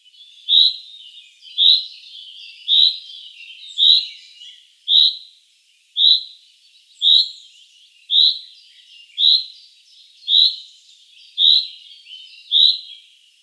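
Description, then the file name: Common chaffinch calling monotonously, twelve bright high notes spaced just over a second apart. "Fringilla coelebs"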